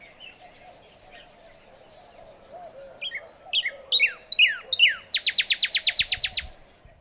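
Northern Cardinal song building from soft notes into loud slurred down-whistles, then a quick series of many sharp repeated notes.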